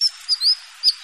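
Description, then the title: Birds giving thin, high whistled chirps, a few brief notes with short gaps between them. Mixed birds. "manuk campur"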